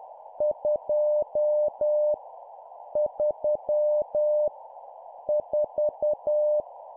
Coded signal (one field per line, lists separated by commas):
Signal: Morse code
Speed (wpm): 10 wpm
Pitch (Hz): 600 Hz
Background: none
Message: 2 3 4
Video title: 10wpm Numbers, cw morse code